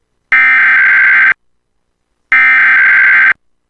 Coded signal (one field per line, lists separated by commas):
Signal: Emergency Alert System (SAME) tones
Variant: header bursts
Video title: Required Monthly EAS Test - Feb. 5, 2021 (KPXG)